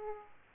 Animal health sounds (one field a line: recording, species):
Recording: mosquito wingbeat signal from an infrared sensor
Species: Aedes aegypti